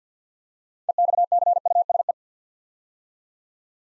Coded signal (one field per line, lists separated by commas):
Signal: Morse code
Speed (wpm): 50 wpm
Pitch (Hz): 700 Hz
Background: none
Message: EXCUSE